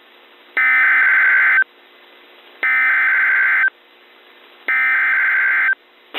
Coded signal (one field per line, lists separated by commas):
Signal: Emergency Alert System (SAME) tones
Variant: header bursts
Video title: EAS Winter Storm Warning Northeastern Wisconsin NOAA Weather Radio KIG65 Green Bay